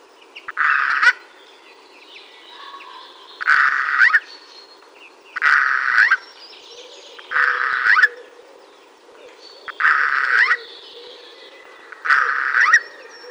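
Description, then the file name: Eurasian jay giving six harsh, rasping screeches, spaced roughly two seconds apart. "Garrulus glandarius"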